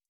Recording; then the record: hydrophone in a shrimp aquaculture tank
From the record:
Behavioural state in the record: stressed